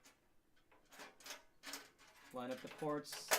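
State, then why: Not seated. A rear I/O shield is lined up with the ports in a PC case opening while someone talks, with faint handling knocks and scrapes. Nothing has seated or clicked yet.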